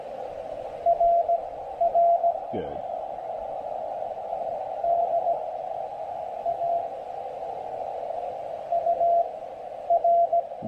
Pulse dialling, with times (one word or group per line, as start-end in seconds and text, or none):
none